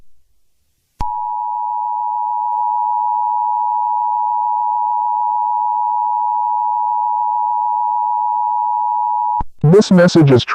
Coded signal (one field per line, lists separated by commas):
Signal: Emergency Alert System (SAME) tones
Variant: 853 and 960 Hz attention tone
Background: speech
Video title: (EAS scenario) trollge (jumpscare warning)